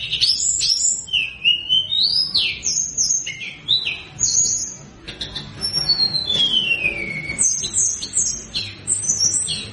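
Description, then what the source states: Sunda Robin: tledekan singing bright high whistles, with rising and falling slurs and one long descending glide in the second half, delivered continuously in varied phrases. Singing actively ('gacor'); recording offered as a lure sound to make wild birds answer.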